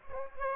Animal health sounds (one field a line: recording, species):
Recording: mosquito wingbeat signal from an infrared sensor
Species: Aedes aegypti